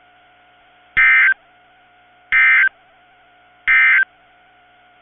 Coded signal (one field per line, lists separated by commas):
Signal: Emergency Alert System (SAME) tones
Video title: Severe Thunderstorm Warnings (EAS 2301-2303) 4/28/23